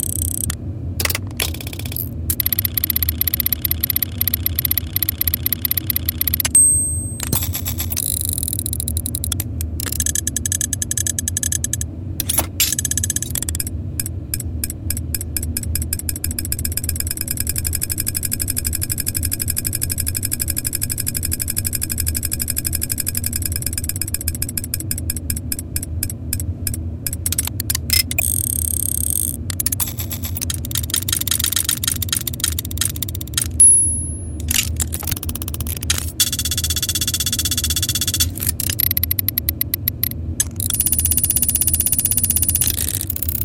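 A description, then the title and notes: Small gears and miniature mechanisms whir and tick over a steady low mechanical hum. Rapid, regular clicking runs in dense bursts, fastest around the middle, with brief pauses and sharper locking clacks near 7, 12 and 34 seconds. Dry throughout. Tiny Gears - Small Mechanism Sound Effects. Sequences of rotating gears and miniature mechanisms. The sounds of complex mechanisms locking together, as well as the acceleration and deceleration of mechanical bearings.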